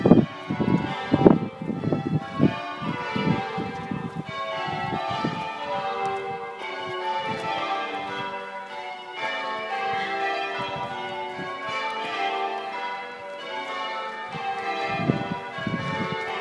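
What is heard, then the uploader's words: Cathedral bells ring out in a dense, continuous peal, many tones overlapping as they strike in quick succession. The first few seconds carry louder, heavier strokes with a deep low ring, then the pealing settles into a steady, shimmering wash, swelling again near the end. Sounds of St David's Cathedral 2 by Bougie.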